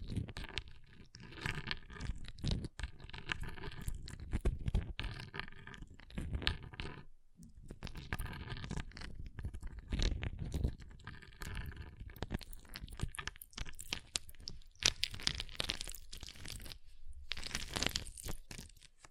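Ice being tapped, scratched and carved, with dense runs of crunchy, crackling scrapes packed close together. Short quiet gaps fall near 7 seconds and again around 16 to 17 seconds. Brighter, harsher scraping bursts stand out around 15 and 18 seconds.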